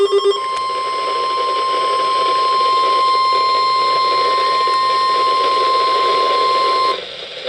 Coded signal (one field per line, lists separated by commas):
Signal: Emergency Alert System (SAME) tones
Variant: 1050 Hz attention tone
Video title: EAS Alerts from 7/27/2023